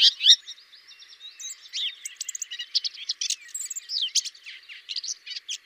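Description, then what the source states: Common whitethroat song, an extended run of dry, scratchy chatter and squeaky notes delivered quickly and unevenly. Variant 5.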